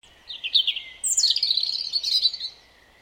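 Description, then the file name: European robin song phrase: a short trill followed by a rapid, high, tinkling warble that runs for over a second before fading out. "Erithacus rubecula"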